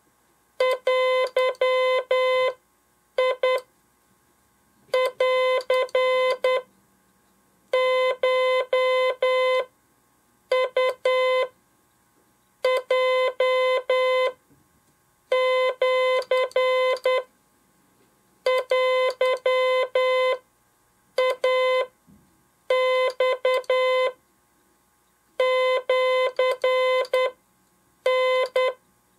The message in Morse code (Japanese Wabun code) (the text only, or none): デンコウヲシテイマシタ